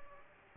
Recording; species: mosquito wingbeat signal from an infrared sensor; Aedes aegypti